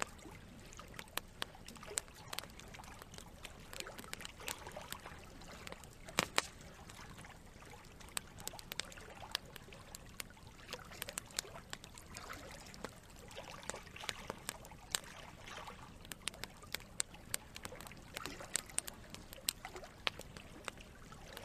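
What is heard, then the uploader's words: A campfire crackles with frequent sharp pops scattered throughout, over a steady low rush of running water that never lets up. Creekside Campfire. Crackling, burning campfire with calming, relaxing water running. All Raw and mixed audio recorded on: Focusrite Scarlett CM25, Focusrite Scarlett 2i2 Audio interface. Audio Editing Software: Pro Tools First.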